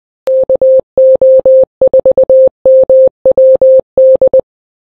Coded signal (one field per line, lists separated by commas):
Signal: Morse code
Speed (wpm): 20 wpm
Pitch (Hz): 520 Hz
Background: none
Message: KO4MWD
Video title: FT8 on FT891 set up using usb sound card